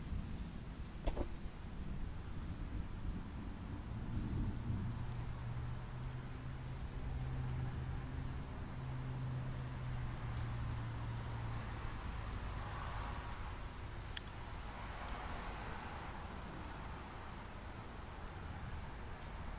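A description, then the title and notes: A storm with a steady, dense wash of rain-like noise over a heavy low rumble that never lets up. From about four to twelve seconds a deeper rolling growl swells and fades, like thunder. A few faint sharp ticks appear near the start and around fourteen seconds. Monday Thunder. Listening to the Monday Morning Storm as it gets closer.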